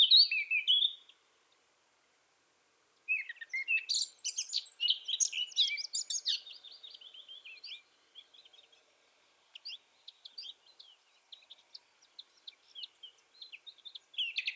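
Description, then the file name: Eurasian blackcap song: a short fluty phrase, a pause, then a loud hurried warble of mixed whistles and chatter that trails into quieter scattered notes. "Sylvia atricapilla"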